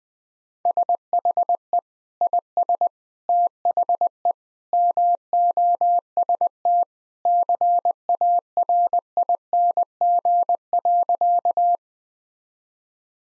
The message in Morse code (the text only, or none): SHE IS THE MOST CARING.